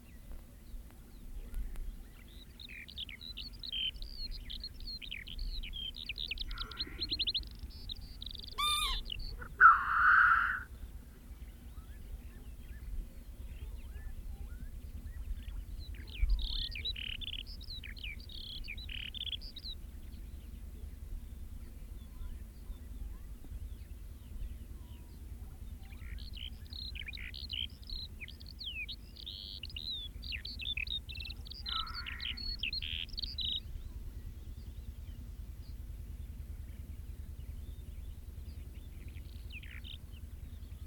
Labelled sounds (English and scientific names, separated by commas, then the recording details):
Black Grouse (Lyrurus tetrix) call
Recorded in the wild
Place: Rhinluch, Brandenburg, DE
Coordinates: 52.817, 12.733
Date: 1971-05-01
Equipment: Nagra III BH, Sennheiser MD 21, parabola
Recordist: Schubert, Michael